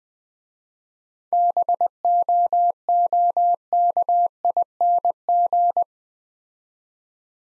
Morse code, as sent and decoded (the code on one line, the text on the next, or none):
-... --- --- -.- .. -. --.
BOOKING